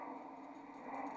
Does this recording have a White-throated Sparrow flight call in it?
no